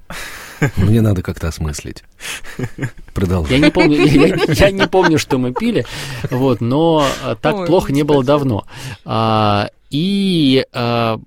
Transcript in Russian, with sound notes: Мне надо как-то осмыслить... Продолжай... (смеются)
— Я не помню, что мы пили, но так плохо не было давно. И